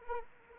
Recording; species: mosquito wingbeat signal from an infrared sensor; Anopheles arabiensis